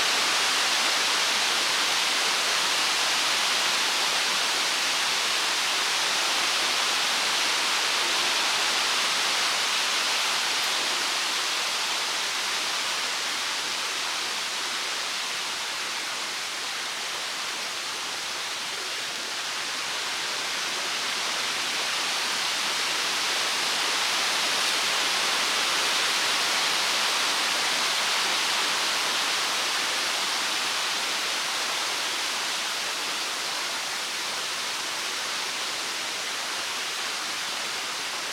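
Wind rustles steadily through trees, a dense, hissing wash of leaves with most of its sound in the bright upper range and little low rumble. The level swells gently, dipping slightly around the middle before rising again, with no distinct events standing out.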